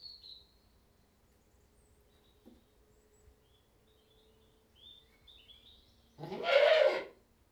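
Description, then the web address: Goat bleat: one strong, quavering bleat near the end, after a quiet stretch with faint high bird chirps. One British Saanen goat bleating. "BBC Sound Effects Library. One British Saanen Goat Bleating"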